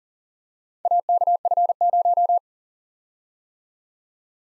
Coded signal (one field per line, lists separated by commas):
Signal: Morse code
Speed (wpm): 38 wpm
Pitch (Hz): 700 Hz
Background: none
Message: AKF0